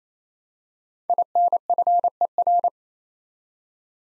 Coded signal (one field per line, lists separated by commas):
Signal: Morse code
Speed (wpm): 29 wpm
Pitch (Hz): 700 Hz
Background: none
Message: INFER